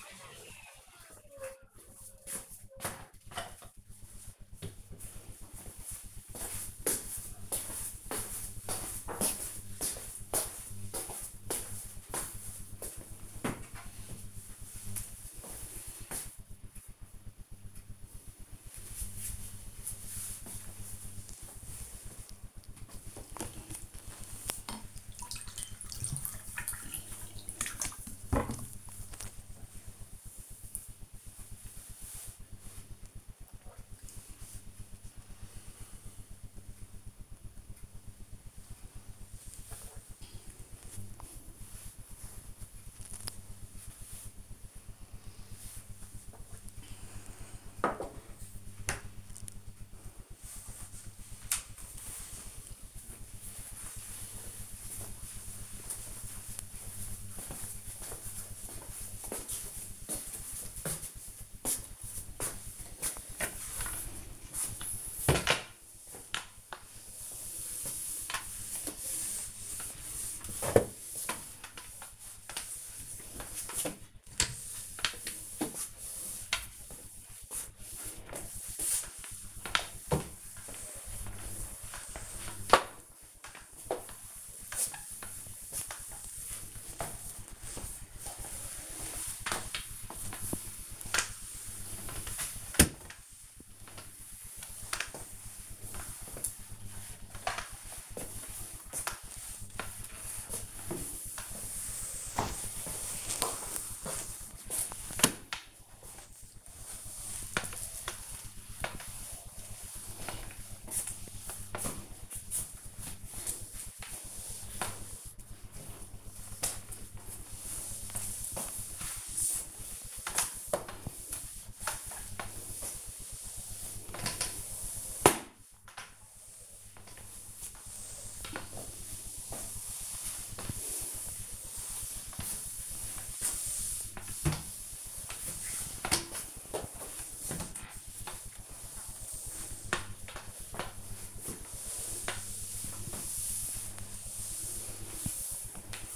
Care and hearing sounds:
household activities, microphone on the right wrist
22.03-47.24 s: drinking
62.36-146.16 s: floor cleaning

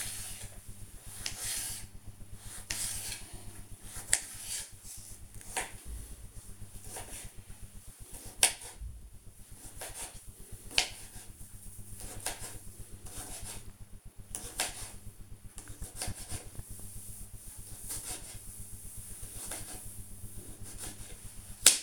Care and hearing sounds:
household activities, microphone on the right wrist
0.00-21.83 s: cutting vegetables

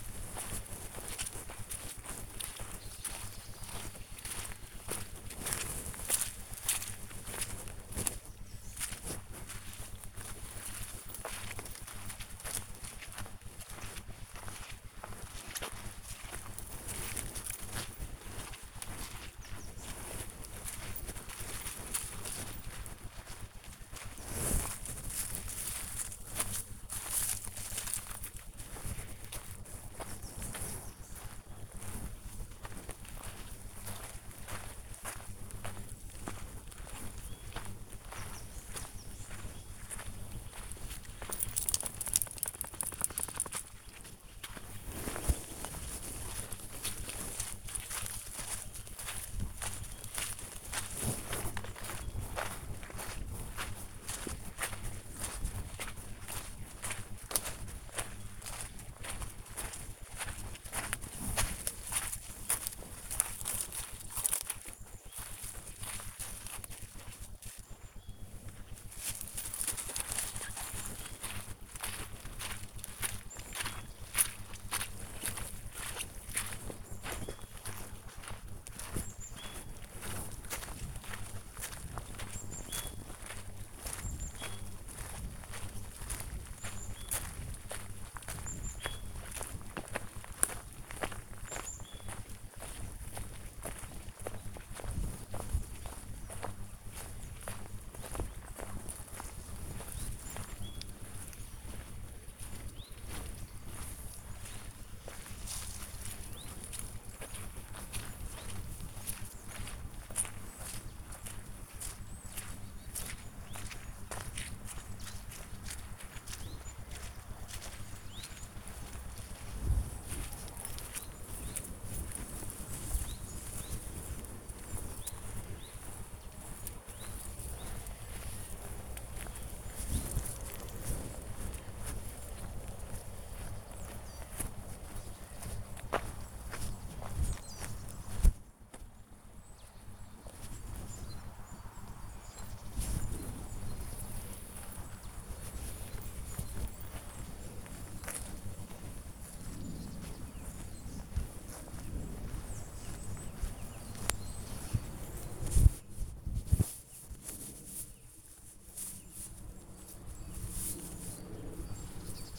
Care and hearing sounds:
household activities, microphone on the right wrist
0.00-162.38 s: going for a walk with dog

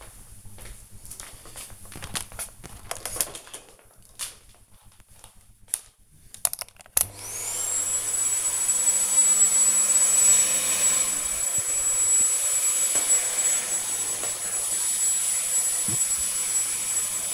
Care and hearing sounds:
household activities, microphone on the right wrist
7.78-17.34 s: vacuum cleaning

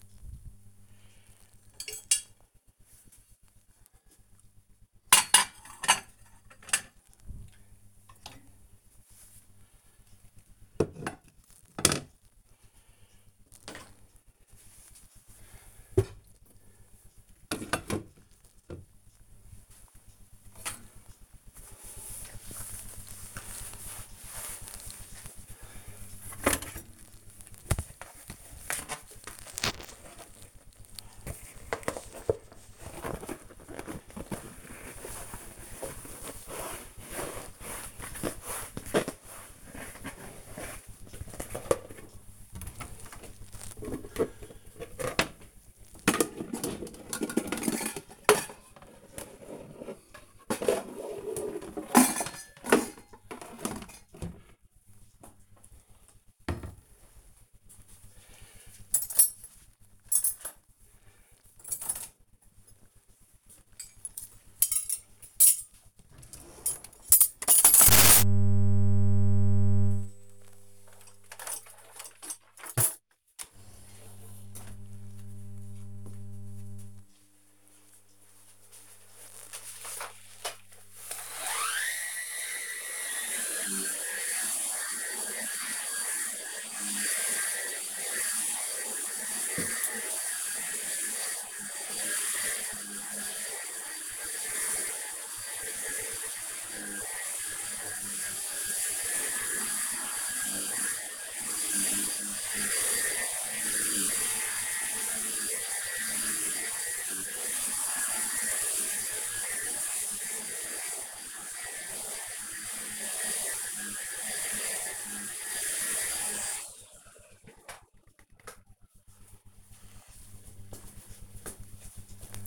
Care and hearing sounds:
household activities, microphone on the right wrist
0.00-73.42 s: cleaning out the dishwasher
81.48-116.74 s: vacuum cleaning

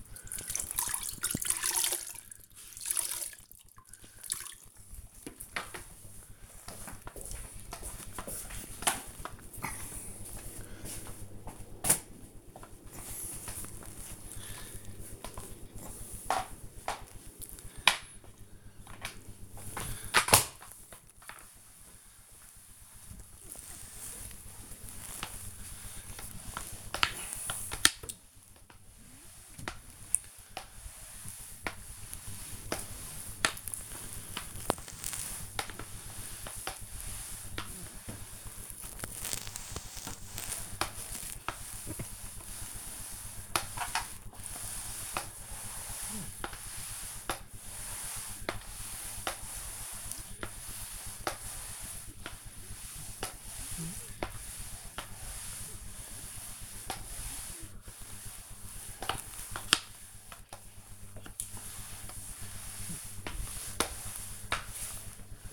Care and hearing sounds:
household activities, microphone on the right wrist
0.00-65.53 s: floor cleaning

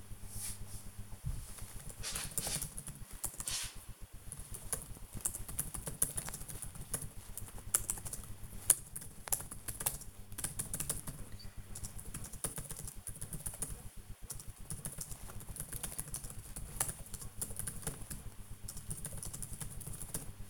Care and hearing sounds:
household activities, microphone on the right wrist
0.00-20.50 s: working on the computer

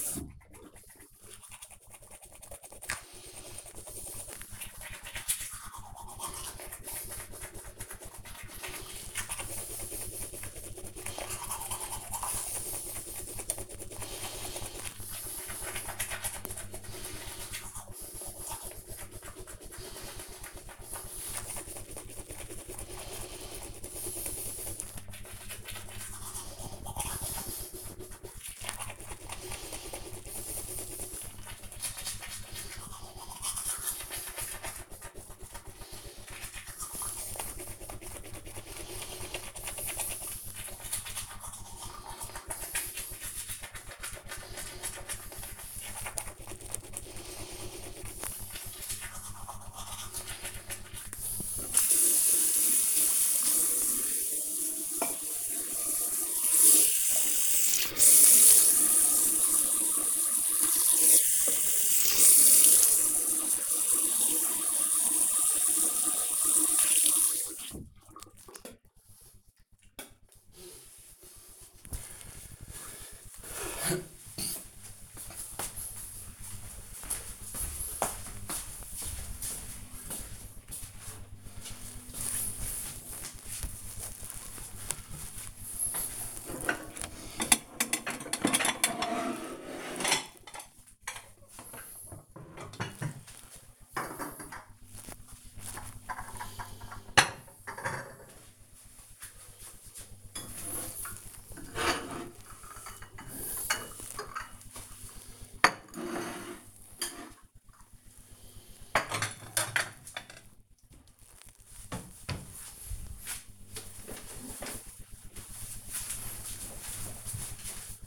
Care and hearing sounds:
household activities, microphone on the right wrist
0.00-70.80 s: brushing teeth

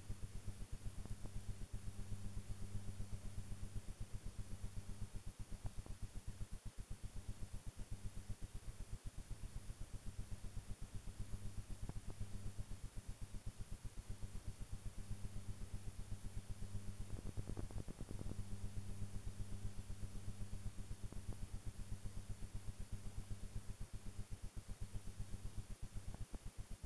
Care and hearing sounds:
household activities, microphone on the right wrist
none

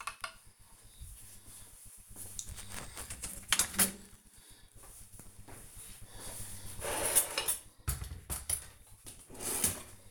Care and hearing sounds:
household activities, microphone on the right wrist
0.00-10.11 s: cleaning out the dishwasher

